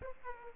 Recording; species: mosquito wingbeat signal from an infrared sensor; Aedes aegypti